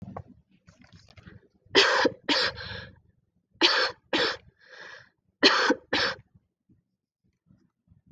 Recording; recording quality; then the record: heavy voluntary cough; excellent, no background noise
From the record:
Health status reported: COVID-19 positive, mild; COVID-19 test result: positive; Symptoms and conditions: fatigue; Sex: female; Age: 24 years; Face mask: not worn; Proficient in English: yes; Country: India